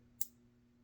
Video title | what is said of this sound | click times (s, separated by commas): Taconic Tequila Lime soap/1966 Gillette Black Beauty | Don't know if you heard that, but yes, the Gillettes click. | 0.2 s